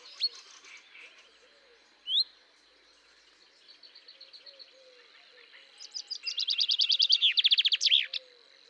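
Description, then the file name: Common chaffinch with a sharp rising note near two seconds, then a long trilled song ending in a flourish, against a background of other bird calls. "Fringilla coelebs"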